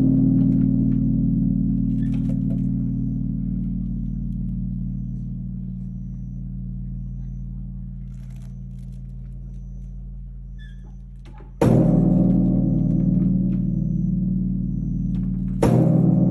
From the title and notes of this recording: Night Bell at Todaiji. The temple bell of Todaiji Temple.